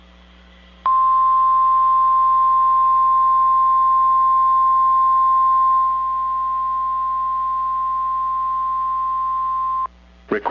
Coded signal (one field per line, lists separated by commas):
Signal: Emergency Alert System (SAME) tones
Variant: 1050 Hz attention tone